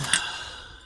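During an S-10 Blazer transmission filter and fluid change, with the retaining clip refitted, the shift cable end is handled at its ball stud on the transmission lever, with pliers at hand to squeeze it together. A short rustle carries a sharp tick at 0.1 s, then a fading hiss. Nothing has seated or clicked yet; the cable end is not yet home.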